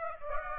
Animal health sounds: mosquito wingbeat signal from an infrared sensor; Aedes aegypti

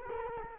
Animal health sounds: mosquito wingbeat signal from an infrared sensor; Culex quinquefasciatus

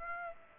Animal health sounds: mosquito wingbeat signal from an infrared sensor; Aedes aegypti

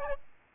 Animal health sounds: mosquito wingbeat signal from an infrared sensor; Aedes albopictus

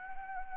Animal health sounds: mosquito wingbeat signal from an infrared sensor; Anopheles gambiae

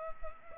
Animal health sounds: mosquito wingbeat signal from an infrared sensor; Culex pipiens

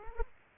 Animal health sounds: mosquito wingbeat signal from an infrared sensor; Aedes aegypti

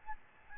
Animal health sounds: mosquito wingbeat signal from an infrared sensor; Aedes albopictus

